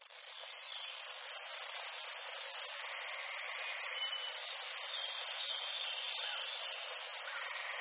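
Cricket giving a steady run of shrill, pulsed chirps, roughly four each second without pause, with only faint hiss behind.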